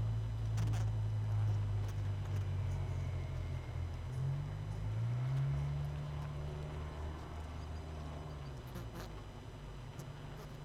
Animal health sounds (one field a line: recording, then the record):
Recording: honeybee colony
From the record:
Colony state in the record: missing queen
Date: 31 May 2018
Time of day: 19:10